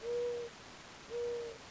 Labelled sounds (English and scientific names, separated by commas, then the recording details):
Mourning Dove (Zenaida macroura)
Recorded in Sonoma County, California